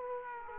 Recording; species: mosquito wingbeat signal from an infrared sensor; Culex quinquefasciatus